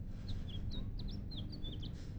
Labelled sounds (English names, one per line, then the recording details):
House Finch song
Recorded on Long Island, New York